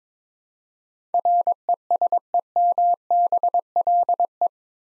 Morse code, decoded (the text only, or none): RESEMBLE